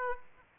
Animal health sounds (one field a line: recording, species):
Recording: mosquito wingbeat signal from an infrared sensor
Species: Aedes aegypti